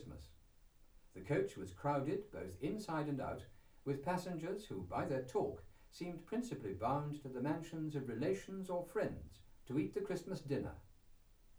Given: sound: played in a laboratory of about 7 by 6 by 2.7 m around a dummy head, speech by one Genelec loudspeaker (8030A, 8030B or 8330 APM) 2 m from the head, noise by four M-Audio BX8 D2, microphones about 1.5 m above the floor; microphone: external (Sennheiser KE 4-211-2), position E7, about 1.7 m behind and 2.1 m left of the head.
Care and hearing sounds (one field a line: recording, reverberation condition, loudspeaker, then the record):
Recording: male speech in English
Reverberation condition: low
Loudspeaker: 60 degrees to the right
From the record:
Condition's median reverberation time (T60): about 310 ms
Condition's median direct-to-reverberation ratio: about 3.5 dB